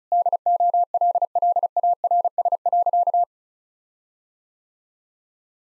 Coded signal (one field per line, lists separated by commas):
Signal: Morse code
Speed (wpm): 36 wpm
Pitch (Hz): 700 Hz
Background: none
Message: DOLLARS.